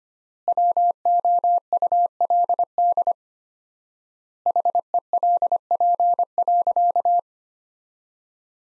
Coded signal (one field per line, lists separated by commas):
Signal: Morse code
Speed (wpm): 25 wpm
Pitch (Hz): 700 Hz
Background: none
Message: WOULD HELP.